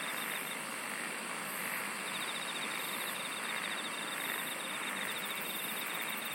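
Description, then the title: Dense insect chorus, a fast rhythmic trill sounding through most of the stretch alongside a constant high-pitched drone. "SINGING OF INSECTS"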